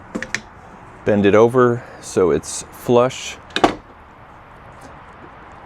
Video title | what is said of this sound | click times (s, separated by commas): How To Replace Rear Wiper - Hyundai Santa Fe | Slide it in until the post snaps into place. | 0.3 s